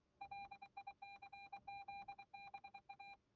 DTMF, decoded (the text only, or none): none